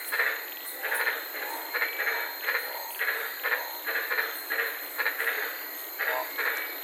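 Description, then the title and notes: White-lipped tree frog croaks, short and clipped, coming in repeated bursts over a steady high hiss. Several frogs calling at night in the Daintree rainforest, Queensland, Australia, recorded from inside a car. "White Lipped Frog Podcast. I was sitting in my car in the Daintree rainforest in Queensland this night and fell asleep listening to these amazing White lipped frogs"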